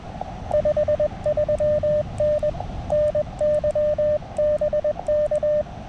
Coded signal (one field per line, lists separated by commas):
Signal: Morse code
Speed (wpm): 20 wpm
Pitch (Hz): 600 Hz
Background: none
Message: 53N NY BK